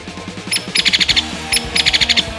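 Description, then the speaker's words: Hairy Woodpecker call: a sharp high peek note followed by a rapid rattling series of several bright notes, the pattern given twice. "that's the call of the hairy woodpecker."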